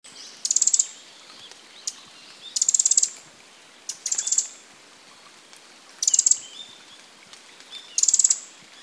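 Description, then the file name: Eurasian wren calls: dry, very high ticking rattles in short bursts, repeated every one to two seconds, with a few isolated clicks between them. "Troglodytes troglodytes"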